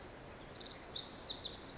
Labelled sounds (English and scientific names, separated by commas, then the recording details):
Pacific Wren (Troglodytes pacificus)
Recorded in Sonoma County, California